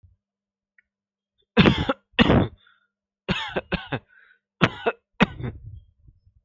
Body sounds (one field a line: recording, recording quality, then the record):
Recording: heavy voluntary cough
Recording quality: excellent, no background noise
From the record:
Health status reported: healthy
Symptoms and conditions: none ticked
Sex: male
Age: 18 years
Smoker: not ticked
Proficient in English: yes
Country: India